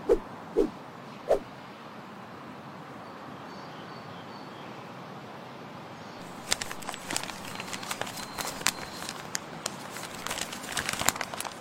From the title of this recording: flying broom, open book